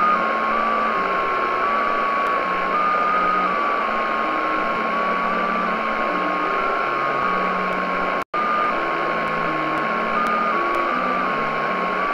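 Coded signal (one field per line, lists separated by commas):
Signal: JT65, JT9 or WSPR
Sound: a single thin tone slowly hopping between pitches, buried in steady radio hiss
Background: radio static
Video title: Shortwave Radio: JT65 Communication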